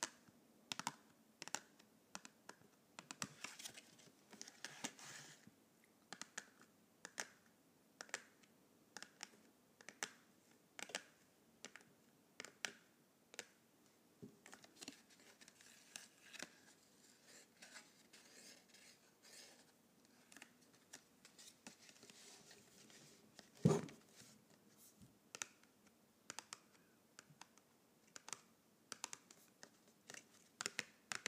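Colored pencils tap and scratch in quick, irregular clicks throughout, with one louder knock near twenty-four seconds.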